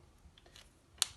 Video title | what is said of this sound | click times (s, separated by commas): Arts visuels 1/2 | on a le bouchon que l'on remet bien à chaque fois et il doit faire clic vous vous souvenez petit bruit du bouchon | 1.0 s